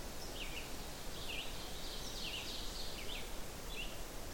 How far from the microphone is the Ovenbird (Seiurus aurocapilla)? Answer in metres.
about 55 m